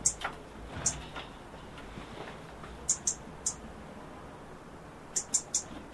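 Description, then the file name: European robin producing high, clipped tick notes in small clusters, with quieter softer clicks between over a hissy background. "Erithacus rubecula"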